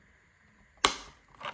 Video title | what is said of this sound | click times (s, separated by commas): carpuride w901 apple car play android auto 9 inch touch screen part 1 | put the other mount on clicks into place with firm click | 0.9 s